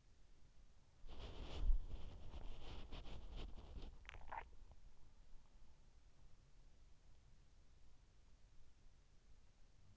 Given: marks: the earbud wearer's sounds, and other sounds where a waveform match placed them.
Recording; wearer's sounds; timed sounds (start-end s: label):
sounds in sleep by an in-ear microphone; body movement, swallowing
0.00-3.38 s: body movement
3.38-5.46 s: swallowing